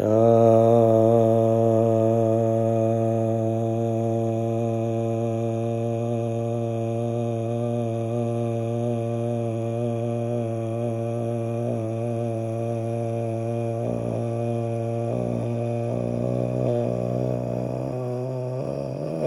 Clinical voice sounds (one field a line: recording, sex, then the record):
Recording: sustained vowel /a/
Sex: male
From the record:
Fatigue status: no fatigue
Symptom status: asymptomatic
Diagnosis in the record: COVID-19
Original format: m4a